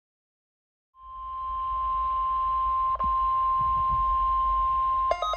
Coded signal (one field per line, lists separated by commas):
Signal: Emergency Alert System (SAME) tones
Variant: 1050 Hz attention tone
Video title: [My New Intro] Required Weekly Test #50 [EAS #186]